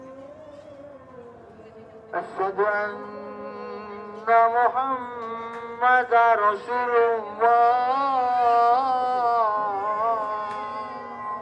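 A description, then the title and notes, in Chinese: An amplified voice sings the evening call to prayer in long, wavering phrases that swell after two seconds, over a faint low city hum. Urban Soundscapes - East Java, call to evening prayers in Surabaya recorded by Nigel Brown。東爪哇泗水市區的街巷空間，以及正值穆斯林晚間拜禱時刻的聲音風景。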